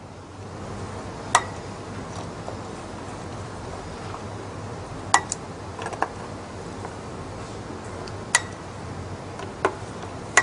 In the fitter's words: and basically when i set each one you'll actually hear a little click because it's actually set to the right